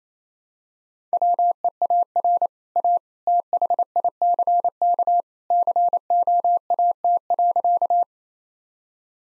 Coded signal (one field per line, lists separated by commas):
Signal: Morse code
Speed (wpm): 28 wpm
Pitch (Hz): 700 Hz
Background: none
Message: WEAR A THICK COAT.